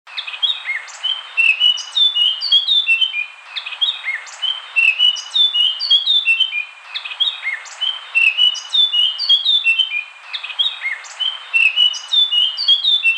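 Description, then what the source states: Eurasian blackcap singing bright flute-like whistles that tumble down the scale, a repeated phrase returning every few seconds. Song presented in all its variations.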